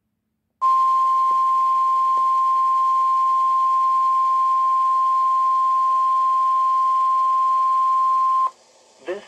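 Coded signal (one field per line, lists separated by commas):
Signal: Emergency Alert System (SAME) tones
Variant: 1050 Hz attention tone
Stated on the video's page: Required weekly tests on NOAA weather radio at 162.550 and 162.500 MHz, received on ZHIWHIS ZWS-604 radio using its weather alert feature.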